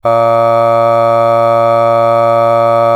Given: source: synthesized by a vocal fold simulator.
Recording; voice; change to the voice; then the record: sustained vowel; male; aspiration noise (breathiness), level 5 of 10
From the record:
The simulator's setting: 0.74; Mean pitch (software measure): 115 Hz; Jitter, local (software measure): 0.31%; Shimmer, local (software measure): 2.3%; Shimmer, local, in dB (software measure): 0.20 dB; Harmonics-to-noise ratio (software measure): 24.7 dB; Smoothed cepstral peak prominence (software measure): 19.6 dB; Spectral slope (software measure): -17.2 dB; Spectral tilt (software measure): -9.0 dB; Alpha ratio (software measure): -7.7 dB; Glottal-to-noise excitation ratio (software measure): 0.987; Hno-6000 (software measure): 2.3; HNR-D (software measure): 23.8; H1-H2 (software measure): 4.9 dB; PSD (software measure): 2.5e-05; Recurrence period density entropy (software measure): 0.107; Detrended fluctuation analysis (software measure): 0.0544